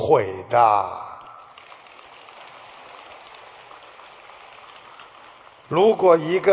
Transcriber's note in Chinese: 掌声